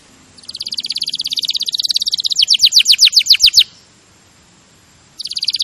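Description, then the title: Canary singing a long, fast, high buzzy trill that shifts into slower, sharper notes, falls silent for about a second and a half, then resumes trilling. Champion canary song used as a master recording for training other birds. "Masteran Kenari Juara"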